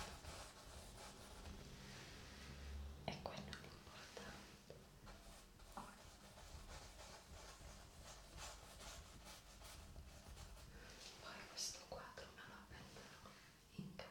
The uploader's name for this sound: Whisper Brush Sounds